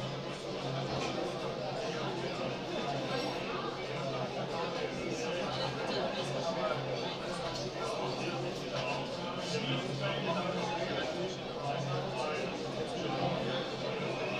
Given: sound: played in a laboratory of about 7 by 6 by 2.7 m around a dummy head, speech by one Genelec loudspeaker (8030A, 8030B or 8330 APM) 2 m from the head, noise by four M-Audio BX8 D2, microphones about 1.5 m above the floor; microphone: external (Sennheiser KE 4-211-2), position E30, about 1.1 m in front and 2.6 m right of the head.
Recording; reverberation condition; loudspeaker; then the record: cafeteria noise; low; four, about 170 cm from the corners of the room and facing them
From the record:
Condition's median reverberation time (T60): about 310 ms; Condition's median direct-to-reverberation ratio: about 3.5 dB